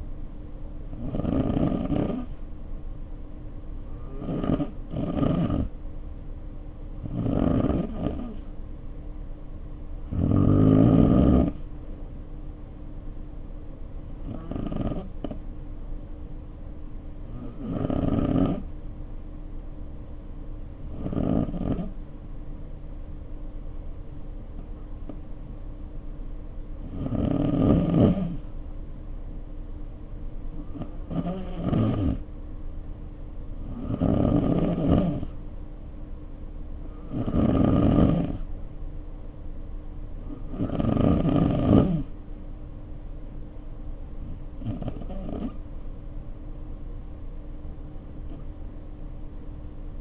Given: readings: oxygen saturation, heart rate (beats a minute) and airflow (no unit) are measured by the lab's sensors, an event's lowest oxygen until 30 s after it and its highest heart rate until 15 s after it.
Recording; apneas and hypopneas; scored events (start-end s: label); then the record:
breathing in sleep by a smartphone at the bedside; 1
22.00-43.40 s: hypopnea (N2, oxygen 93% highest, then 90% lowest, heart rate 55 at the start, 63 highest)
From the record:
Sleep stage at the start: N2 (light sleep); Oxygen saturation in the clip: 89 to 93%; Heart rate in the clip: 54 to 63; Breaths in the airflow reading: 16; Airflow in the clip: -2.7 to 1.9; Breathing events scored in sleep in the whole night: 520 in 7.2 hours asleep